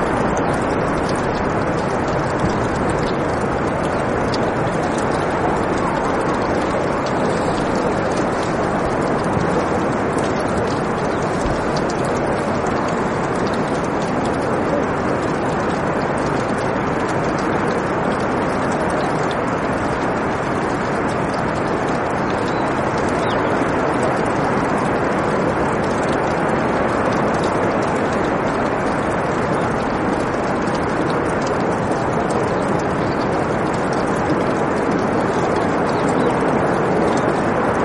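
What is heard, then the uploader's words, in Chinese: Wind roars steadily across a glacier at about 7000 meters altitude, a dense, unbroken rush that fills the whole 38 seconds without easing. The sound is thick through the low and middle range with a hissing top, and faint gritty flutters ripple through it. 海拔7000米的卡诺拉冰川风声。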